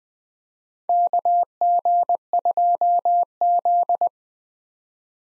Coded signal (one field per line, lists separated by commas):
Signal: Morse code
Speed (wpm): 20 wpm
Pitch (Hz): 700 Hz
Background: none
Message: KG2Z